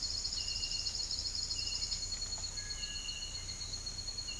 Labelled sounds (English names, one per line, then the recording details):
Cinereous Tinamou
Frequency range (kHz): Cinereous Tinamou 1.4-2.0 kHz
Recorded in pastures near Puerto Asís, Putumayo, Colombia, on 8 March 2025 at 07:00
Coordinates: 0.472, -76.329
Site G074